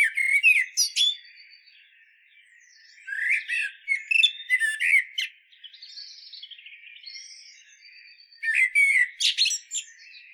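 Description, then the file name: Common blackbird song, three fluty warbled phrases tipped with shrill high twitters, with a soft quiet warble between the last two. "Turdus merula"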